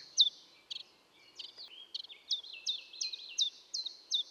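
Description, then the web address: Common chiffchaff giving a steady series of high downward slurred notes, with overlapping softer notes and faint background noise. Recorded at Valsolda. "cibra valsolda - Lui piccolo"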